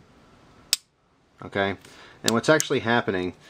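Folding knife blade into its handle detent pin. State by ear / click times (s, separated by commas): seated / 0.7 s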